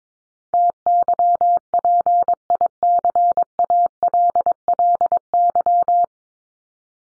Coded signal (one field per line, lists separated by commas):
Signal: Morse code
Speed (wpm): 22 wpm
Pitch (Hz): 700 Hz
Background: none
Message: TYPICALLY